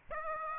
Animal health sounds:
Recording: mosquito wingbeat signal from an infrared sensor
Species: Aedes aegypti

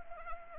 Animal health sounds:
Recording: mosquito wingbeat signal from an infrared sensor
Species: Anopheles arabiensis

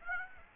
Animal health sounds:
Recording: mosquito wingbeat signal from an infrared sensor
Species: Aedes aegypti

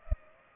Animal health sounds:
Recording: mosquito wingbeat signal from an infrared sensor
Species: Culex pipiens

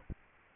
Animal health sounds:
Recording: mosquito wingbeat signal from an infrared sensor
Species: Aedes aegypti

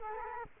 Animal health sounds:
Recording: mosquito wingbeat signal from an infrared sensor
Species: Culex quinquefasciatus

